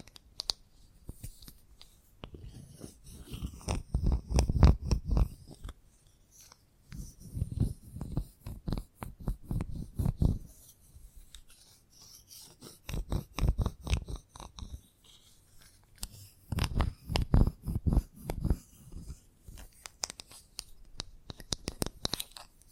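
Chalk scratching and tapping comes in bursts of dense, gritty strokes, each lasting two or three seconds, with short quiet gaps between them. The strokes are rapid and uneven, crunchy in the low end with a thin rasp on top, and isolated taps fall between bursts.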